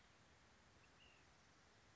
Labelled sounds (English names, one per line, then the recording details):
Ash-throated Flycatcher
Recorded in Sonoma County, California